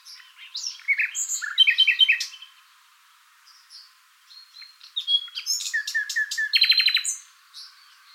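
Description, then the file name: Common nightingale singing rich, varied phrases of chirps and whistles, a quiet gap, then another phrase with a fast rattling run of repeated notes. "Luscinia megarhynchos"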